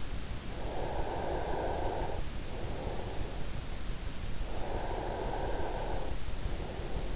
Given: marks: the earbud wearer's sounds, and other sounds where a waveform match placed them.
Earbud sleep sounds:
sounds in sleep by an in-ear microphone; breath
0.32-3.44 s: breath
4.16-7.16 s: breath

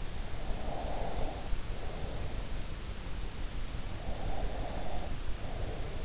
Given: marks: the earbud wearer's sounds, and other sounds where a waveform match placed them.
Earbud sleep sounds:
sounds in sleep by an in-ear microphone; breath
0.48-2.42 s: breath
4.16-6.05 s: breath

